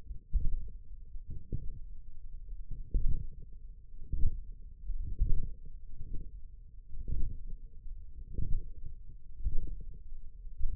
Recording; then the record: forearm muscle sounds (acoustic myography)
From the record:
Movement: radial deviation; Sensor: system 1, eight BSWA MPA416 microphones around the upper forearm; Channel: 3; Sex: male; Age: 20 years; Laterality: left